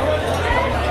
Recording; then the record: background sound without coughing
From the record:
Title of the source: CITY SOUNDS Busy Bar in the Evening Night - 2 HOURS of Ambiance for Relaxation